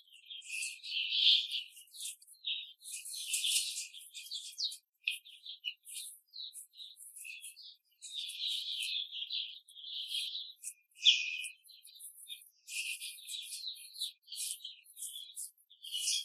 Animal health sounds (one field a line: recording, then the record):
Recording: young laying hens in a cage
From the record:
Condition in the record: control cage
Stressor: none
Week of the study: 5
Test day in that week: 1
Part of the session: 1